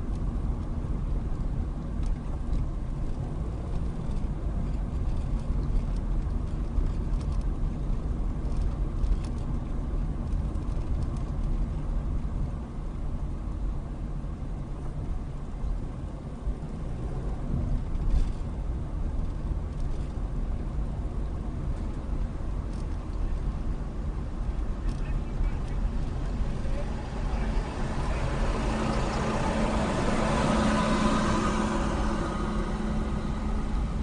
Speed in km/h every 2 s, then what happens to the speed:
19, 21, 23, 23, 23, 21, 18, 16, 19, 19, 23, 21, 21, 19, 18, 18, 18.
0-9 steady at about 23. 9-13 slows to 16. 13-34 steady at about 19.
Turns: none.